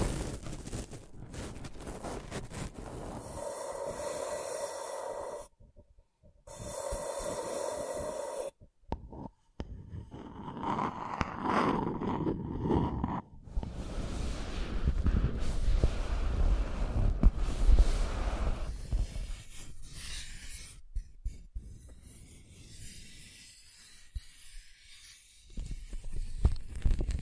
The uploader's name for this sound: Scratching & Tracing